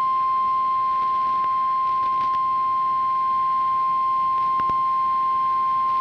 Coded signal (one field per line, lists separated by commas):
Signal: Emergency Alert System (SAME) tones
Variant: 1050 Hz attention tone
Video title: EAS History - Broadcasts for the Past 20 Years! (2002 - 2022)